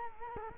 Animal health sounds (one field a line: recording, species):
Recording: mosquito wingbeat signal from an infrared sensor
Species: Culex quinquefasciatus